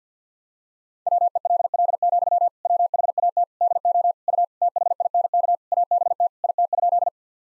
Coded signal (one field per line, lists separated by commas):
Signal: Morse code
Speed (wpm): 50 wpm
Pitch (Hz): 700 Hz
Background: none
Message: WELL, WHAT DO U THINK ABT IT?